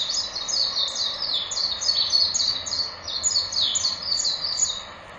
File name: メジロ 14040717 高倉